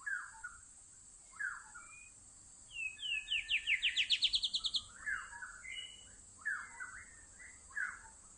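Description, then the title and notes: White-rumped shama song: short low warbled phrases spaced a second or so apart, around a rapid series of clear rising notes, over heavy hiss. Lure (pikat) recording made for attracting birds. "MB Pikat. murai batu"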